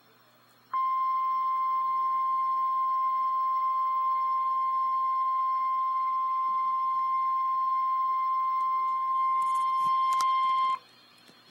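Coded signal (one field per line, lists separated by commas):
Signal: Emergency Alert System (SAME) tones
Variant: 1050 Hz attention tone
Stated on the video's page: Real EAS severe thunderstorm warning.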